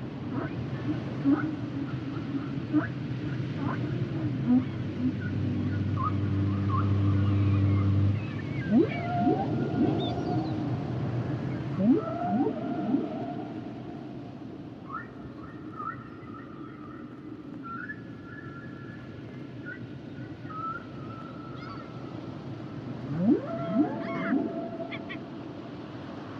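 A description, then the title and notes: Humpback whale song: a low, steady moan holds from about three to eight seconds, then rising and falling calls, sweeping whoops and short squeaks follow through the rest. A thin, even hiss sits underneath, with a brief quieter stretch around fifteen to twenty seconds. The songs and sounds of the humpback whale.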